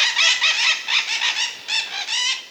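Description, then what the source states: Scarlet-fronted Parakeet calls: harsh, screechy squawks in quick bursts, almost continuous with a brief dip midway. Fruit-eating parakeets; waxy fruit surfaces reflecting ultraviolet help attract them.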